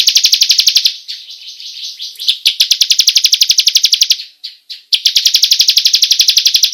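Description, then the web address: Bar-winged prinia pouring out a fast, buzzy rolling trill that runs almost continuously, breaking briefly twice before resuming at full strength. Long rolling song style called ngerol panjang. "ciblek suara-burung-ciblek-ngerol-panjang"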